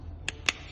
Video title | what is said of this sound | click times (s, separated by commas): VW Passat key battery replacement | and then it just clicks back into place | 0.3 s, 0.5 s